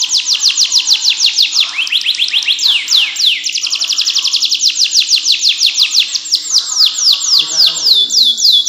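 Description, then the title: Canary song, a long fast run of bright downward-sweeping whistled notes with a few varied phrases. "Ini Baru Kenari!"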